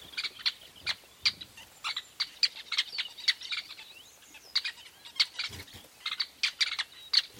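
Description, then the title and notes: Weaver chirps, short sharp high notes in quick irregular bursts, several birds calling over a quiet background. Recorded at a large weaver nest in Etosha National Park, Namibia. "Secret Life Of A Weaver Nest. a large Weaver nest in Etosha NP, Namibia"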